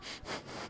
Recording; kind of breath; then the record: one breath in and out by a microphone near the nose and mouth; strong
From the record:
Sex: male